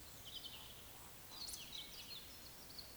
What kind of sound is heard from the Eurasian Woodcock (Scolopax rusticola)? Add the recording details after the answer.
whistle, croak. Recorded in Baden-Württemberg, Germany, on 29 May 2021 at 19:42 UTC. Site 24608, 624 m above sea level